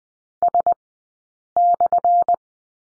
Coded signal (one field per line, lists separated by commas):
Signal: Morse code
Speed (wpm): 20 wpm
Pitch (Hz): 700 Hz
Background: none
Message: S/